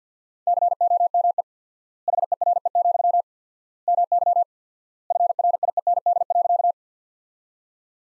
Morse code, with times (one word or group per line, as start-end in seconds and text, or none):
0.5-1.4 COME
2.1-3.2 HERE,
3.9-4.4 MY
5.1-6.7 FRIEND.